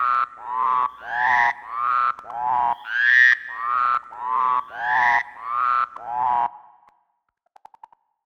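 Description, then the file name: Frog gives a rapid series of rasping, harmonic croaks, some sliding upward, then stops abruptly, leaving near silence broken by a few faint clicks. "Kearns Corrected Thesis DIGITAL APPENDIX H Frogs"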